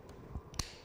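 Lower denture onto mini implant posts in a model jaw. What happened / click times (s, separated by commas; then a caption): The denture snapped onto its posts / 0.6 s. A lower denture is pushed down onto four titanium mini implant posts in a model jaw. A faint tick at 0.5 s leads into a sharp, bright snap at 0.6 s, with a softer low thump earlier around 0.35 s. The denture snaps and seats firmly in place on the posts.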